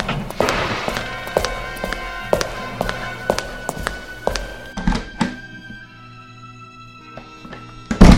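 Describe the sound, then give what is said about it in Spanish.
A series of sharp, hollow thunks and taps strike in an uneven rhythm, knocking on a door and heavy footsteps, fading off before one loud thud at the very end. “¿Por qué no abrías la puerta?”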